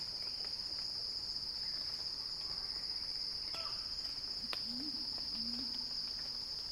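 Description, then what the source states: Cicada song, a steady high, shrill drone held without a break throughout, with a few faint low slurred notes underneath. Cicada song rising in a crescendo.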